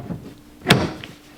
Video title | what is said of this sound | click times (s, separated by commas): LoveSac Sactional - Assembly Process and Initial Thoughts | it clicks in. | 0.7 s